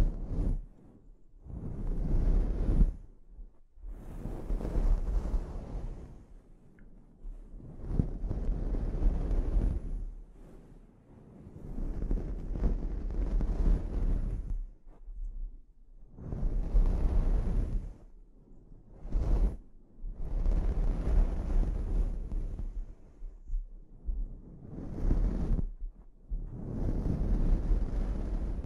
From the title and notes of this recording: ASMR Sleep Inducing Scalp Treatment (No Talking).